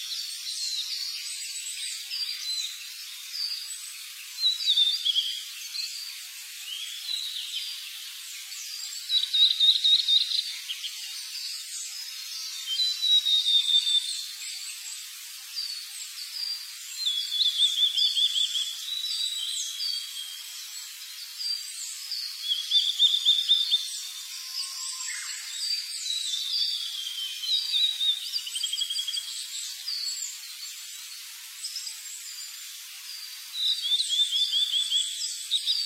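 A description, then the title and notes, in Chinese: Early-morning birdsong, a dense chorus of many birds chirping and trilling high up, with no pause throughout. Louder bursts of song come every few seconds, over a quiet background without low sounds. 清晨鸟鸣声。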